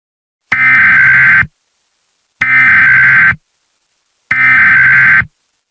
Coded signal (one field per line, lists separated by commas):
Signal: Emergency Alert System (SAME) tones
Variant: header bursts